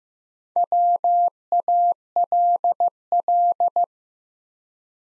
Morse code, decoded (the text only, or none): WALL